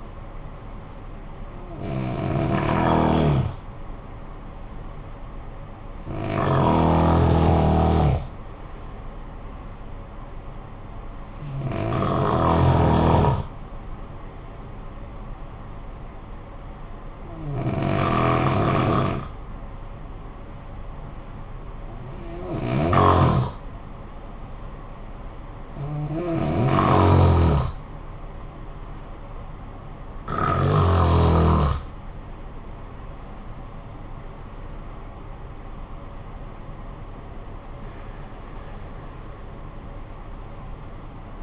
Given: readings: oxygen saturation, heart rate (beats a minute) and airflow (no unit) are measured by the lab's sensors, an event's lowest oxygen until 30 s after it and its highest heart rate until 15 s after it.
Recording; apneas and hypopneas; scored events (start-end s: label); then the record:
breathing in sleep by a smartphone at the bedside; 1
20.00-36.00 s: hypopnea (N1, oxygen 97% highest, then 94% lowest, heart rate 61 at the start, 77 highest)
From the record:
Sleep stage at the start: N1 (lightest sleep); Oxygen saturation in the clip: 87 to 97%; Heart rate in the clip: 55 to 77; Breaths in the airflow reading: 8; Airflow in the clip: -13.9 to 15.0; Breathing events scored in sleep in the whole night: 445 in 7.6 hours asleep